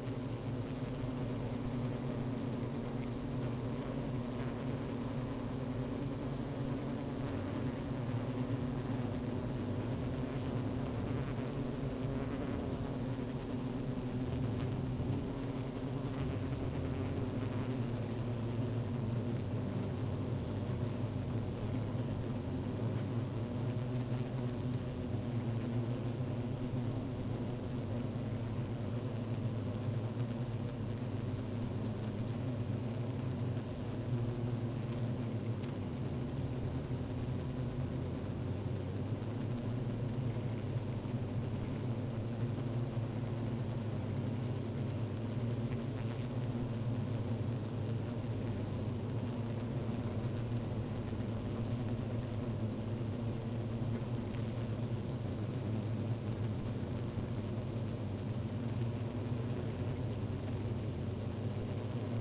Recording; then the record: honeybee colony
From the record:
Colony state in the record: active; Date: 28 July 2017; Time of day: 15:46